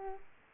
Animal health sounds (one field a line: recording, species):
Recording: mosquito wingbeat signal from an infrared sensor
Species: Aedes aegypti